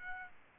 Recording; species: mosquito wingbeat signal from an infrared sensor; Aedes aegypti